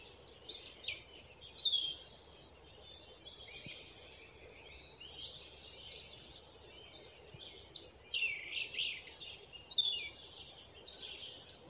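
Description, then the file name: European robin song: varied high phrases mixing liquid warbles, quick trills and sweeping slurred notes, delivered in bursts with short pauses, over quiet background noise. "Erithacus rubecula"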